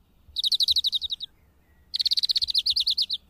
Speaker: E foarte posibil ca un stol de florinți să se fi oprit pentru odihnă înainte de a continua hoinăreala după hrană.